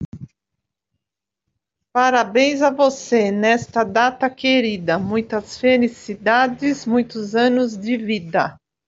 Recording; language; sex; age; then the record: short text; Brazilian Portuguese; female; 40 to 49 years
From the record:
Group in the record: control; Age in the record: 47 years